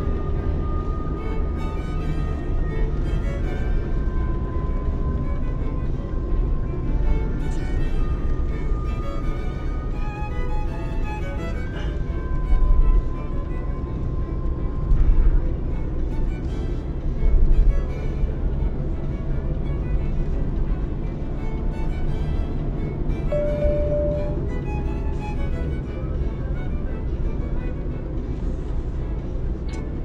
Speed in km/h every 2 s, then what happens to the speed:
60, 57, 49, 48, 49, 48, 48, 50, 50, 54, 56, 58, 53, 53, 53.
0-5 slows to 48. 5-13 steady at about 48. 13-21 speeds up to 58. 21-30 steady at about 53.